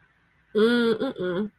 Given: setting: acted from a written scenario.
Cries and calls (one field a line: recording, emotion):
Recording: vocal sound without words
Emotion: confusion